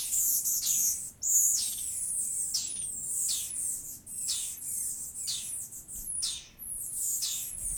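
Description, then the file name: Garden dormouse calling with sharp, very high squeaky chirps, roughly one or two each second at an uneven pace. "Laute Eliomys quercinus"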